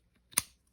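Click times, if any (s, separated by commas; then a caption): 0.4 s. A homemade plastic J-clip carrying a light is pressed onto a bow riser to check the fit. A faint scrape at about 0.3 s leads into one sharp, bright snap at 0.4 s that fades quickly. The clip snaps on and is seated, and the snap shows it fits nice and tight.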